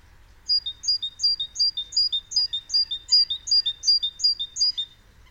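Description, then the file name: Great tit song, a steady string of sharp high phrases repeated about three times a second for over four seconds. "Parus major"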